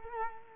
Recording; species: mosquito wingbeat signal from an infrared sensor; Culex quinquefasciatus